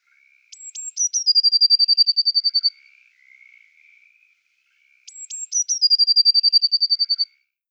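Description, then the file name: Eurasian blue tit singing two phrases, each with a few thin high notes dropping into a fast, even trill, about five seconds apart, with faint softer notes between. "Parus caeruleus"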